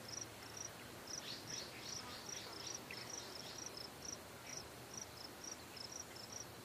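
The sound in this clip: Cicada chirping: short high chirps repeated in a quick, uneven series over a steady low background hum.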